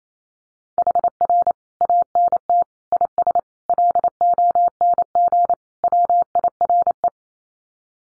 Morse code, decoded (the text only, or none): HR ANT IS LONG WIRE